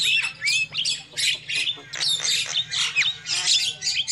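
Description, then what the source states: Lovebird chatter of harsh, high squawks in uneven bursts, with a few thin whistled slurs and a steady low hum behind. Lure call used for trapping lovebirds.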